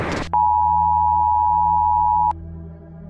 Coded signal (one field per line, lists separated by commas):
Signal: Emergency Alert System (SAME) tones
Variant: 853 and 960 Hz attention tone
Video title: EAS Scenario (México): Choque de Planetas (Capítulo 4: El Discurso)